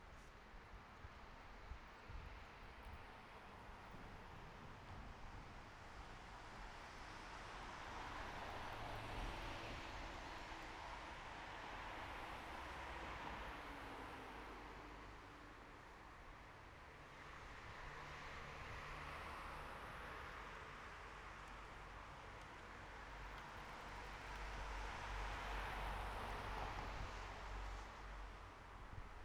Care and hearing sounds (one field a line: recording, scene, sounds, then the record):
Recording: everyday scene through a hearing-aid microphone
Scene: in traffic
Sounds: traffic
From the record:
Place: bus stop on a city main road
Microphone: behind the ear, right, front